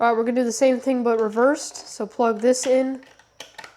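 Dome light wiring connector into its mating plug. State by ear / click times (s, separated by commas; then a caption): not seated / none. Someone talks while refitting the top dome on a four-wheeler, handling the plastic dome light wiring connector to plug it into its mating plug. A few short, faint handling ticks follow near the end. Nothing has seated or clicked yet.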